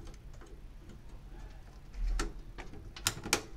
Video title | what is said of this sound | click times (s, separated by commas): Test thùng cpu ve chai 350k phát hiện ra thùng máy của cô giáo thảo sài... | bạn gắn ra đúng chiều nghe cái tách tách là | 3.1 s, 3.3 s